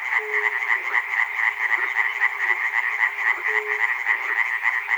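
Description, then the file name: A frog chorus of many overlapping croaks, a continuous pulsing rattle with a short hum near the start and again later. Recorded at Chernobyl. "peter cusack-chernobyl frogs"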